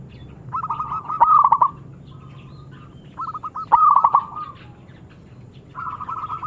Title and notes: Pancingan Perkutut Durasi Panjang. Suara Burung Perkutut Gacor